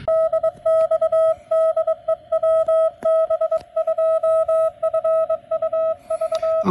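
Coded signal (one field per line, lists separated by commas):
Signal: Morse code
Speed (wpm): 22 wpm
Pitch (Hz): 650 Hz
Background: none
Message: DX DE WB2FUV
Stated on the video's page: HF contacts on a Xiegu 6100 through an MFJ 9234 mini loop tuner with a twenty-foot wire wrapped around a living-room window, indoors in adverse conditions.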